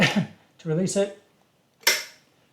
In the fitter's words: Snaps into place.